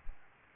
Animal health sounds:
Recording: mosquito wingbeat signal from an infrared sensor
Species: Aedes albopictus

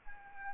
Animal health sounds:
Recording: mosquito wingbeat signal from an infrared sensor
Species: Anopheles arabiensis

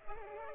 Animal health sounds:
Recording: mosquito wingbeat signal from an infrared sensor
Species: Culex pipiens

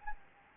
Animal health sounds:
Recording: mosquito wingbeat signal from an infrared sensor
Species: Anopheles gambiae

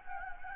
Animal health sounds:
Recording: mosquito wingbeat signal from an infrared sensor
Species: Anopheles gambiae

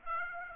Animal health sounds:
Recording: mosquito wingbeat signal from an infrared sensor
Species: Aedes aegypti

